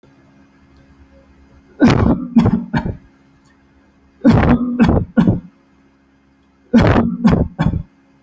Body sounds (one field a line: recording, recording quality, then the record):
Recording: heavy voluntary cough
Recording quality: excellent, no background noise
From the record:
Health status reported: healthy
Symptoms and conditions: none ticked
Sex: male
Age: 45 years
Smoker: not ticked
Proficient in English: yes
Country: India